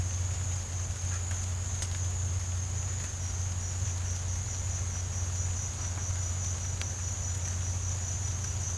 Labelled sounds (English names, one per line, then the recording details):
none
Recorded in pastures near Puerto Asís, Putumayo, Colombia, on 15 December 2024 at 07:00
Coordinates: 0.502, -76.324
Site G077